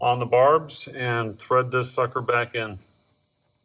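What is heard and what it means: A new PCV valve is being threaded back into the oil separator port of a 2020 GT500 using needle-nose pliers on its barbs, with the aim of snapping those barbs into the locking detent. Someone talks through most of the clip, followed by near silence with only a faint tick around 3.5 s. Nothing has seated or clicked yet.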